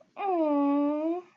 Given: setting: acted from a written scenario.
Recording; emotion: vocal sound without words; sympathy